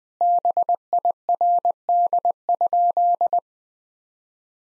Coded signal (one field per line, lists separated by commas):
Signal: Morse code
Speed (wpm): 20 wpm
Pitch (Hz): 700 Hz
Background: none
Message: BIRD?